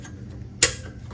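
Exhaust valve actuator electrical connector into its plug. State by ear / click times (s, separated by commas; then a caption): seated / 0.6 s. On a GR Corolla, the electrical connector for the exhaust valve actuator is pushed back onto its mating plug. One sharp, bright click at 0.6 s stands out over a low, steady background hum. The connector locks and is seated.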